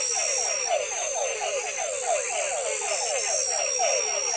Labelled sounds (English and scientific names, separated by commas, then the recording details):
none
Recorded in forest near Pivijay, Magdalena, Colombia, on 17 April 2023 at 23:30
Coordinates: 10.467, -74.380
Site Z5-G034